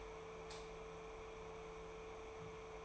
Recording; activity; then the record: daily activity, microphone in the room; light off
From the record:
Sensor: 1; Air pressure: 1014.8 hPa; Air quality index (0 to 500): 185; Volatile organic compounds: 18 ppm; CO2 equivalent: 2619 ppm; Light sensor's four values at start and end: 39/104/43/51 and 36/90/38/46